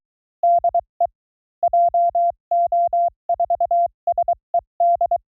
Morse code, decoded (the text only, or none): DE JO4SED